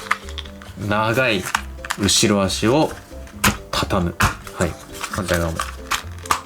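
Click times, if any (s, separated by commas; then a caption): 6.3 s. Someone talks over background music while folding and shortening the plastic hind leg on the second side of a transforming dinosaur-to-vehicle toy. Small plastic clicks and knocks sound throughout. The hind-leg joint clicks firmly into place at 6.3 s.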